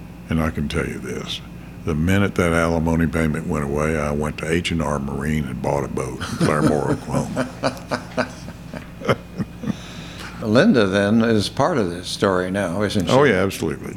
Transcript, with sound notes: And I can tell you this, the minute that alimony payment went away, I went to H&R Marine and bought a boat in Claremore, Oklahoma. (Laughing)
That Lynda then is part of this story now, isn't she?
Oh yeah, absolutely.